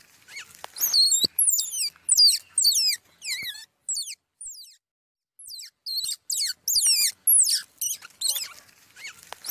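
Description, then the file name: Squirrel pup giving high, wavering squeaks that slide downward, delivered in two busy runs separated by a brief silence. Young squirrel calling for its mother. "Tieng soc con keu goi me"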